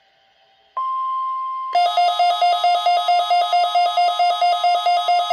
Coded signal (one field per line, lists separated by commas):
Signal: two-tone page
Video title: NOAA Weather radio Required Weekly Test